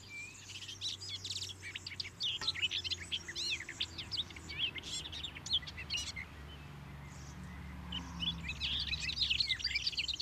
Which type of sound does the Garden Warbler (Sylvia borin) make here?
song